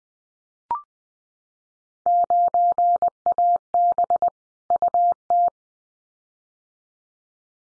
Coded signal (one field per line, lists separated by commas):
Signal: Morse code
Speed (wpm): 20 wpm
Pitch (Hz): 700 Hz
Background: none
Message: 9AB UT